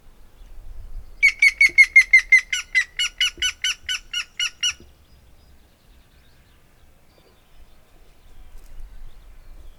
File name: Hamvas küllő - Picus canus